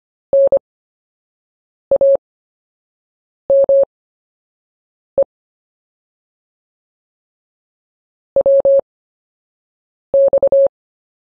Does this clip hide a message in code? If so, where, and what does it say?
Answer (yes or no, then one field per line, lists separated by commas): yes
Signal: Morse code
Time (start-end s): 0.3-10.7 s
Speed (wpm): 25 wpm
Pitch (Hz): 550 Hz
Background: none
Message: NAME WX